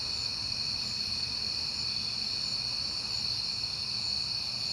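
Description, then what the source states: Crickets in a continuous shrill chorus, the trill holding an even pitch throughout, over a soft low hum. Crickets at night in September, on a peaceful night.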